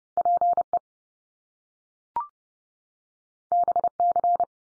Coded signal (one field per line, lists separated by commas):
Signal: Morse code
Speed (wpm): 30 wpm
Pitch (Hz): 700 Hz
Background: none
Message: PE BC